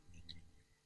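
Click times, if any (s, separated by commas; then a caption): 0.3 s. A cap is pushed onto an Afnan Supremacy Collector's Edition perfume bottle over the atomizer, giving a single short, bright click at 0.3 s over a low background hum. The cap clicks firmly into place and is securely seated.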